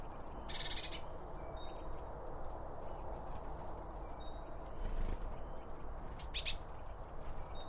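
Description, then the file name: Birds chirping with short high whistles and thin rising notes, with two brief bursts of rustling noise, over a steady low rumble. Birds around a bird feeder, recorded with two Line Audio OM1 microphones. "Birds Around Birdfeeding With Two Om 1 From Line Audio"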